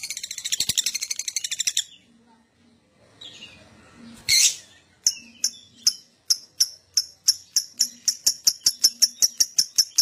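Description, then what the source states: Lovebird song: a buzzy chattering burst, a pause, then sharp high chirps repeating faster and faster toward the end. Adult lovebird singing constantly (gacor) in the 'owor owor' style.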